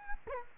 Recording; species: mosquito wingbeat signal from an infrared sensor; Culex quinquefasciatus